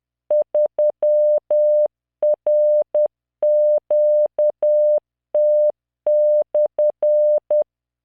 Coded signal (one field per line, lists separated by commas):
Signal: Morse code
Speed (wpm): 10 wpm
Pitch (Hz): 600 Hz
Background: none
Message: 3RQT/